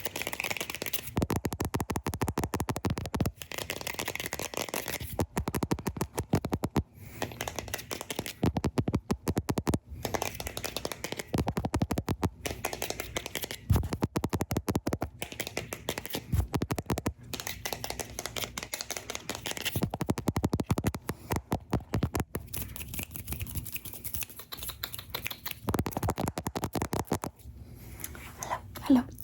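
Fingers tap directly on a camera body in rapid, uneven bursts, with clusters of quick knocks separated by brief pauses throughout. The taps are dull and thumpy with a scratchy edge, and a faint steady hiss sits underneath.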